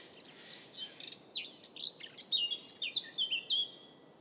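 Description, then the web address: Bird calls: high, sharp chirps in an irregular series, growing clearer and louder in the second half as clipped notes repeat quickly. "Deverinetal 2025 File origin Bird Only"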